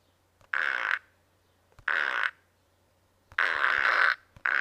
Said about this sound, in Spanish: Eso es el piano, ¿eh? Ojo. Eso han parecido unos simples peos